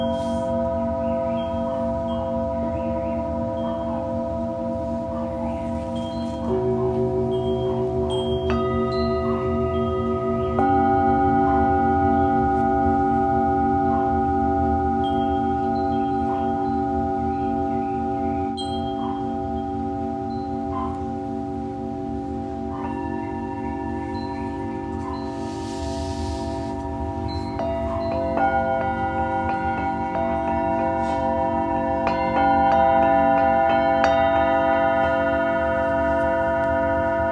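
Singing bowls ring in a sound healing session, their sustained tones layering into a dense, steady hum. New strikes enter around 7, 11, 23, 28 and 33 seconds, adding bright ringing pitches over a constant low drone that swells slightly with each addition.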